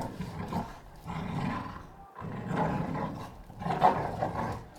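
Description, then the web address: Pit bull growling and snarling in rough, rolling bursts, a short gap midway, then renewed snarls. Two pit bulls named Tessa and Bahko recorded fighting. "NS Studios - ultra sound collection animals dogs - Pit bull Tessa Pit bull Bahko fight"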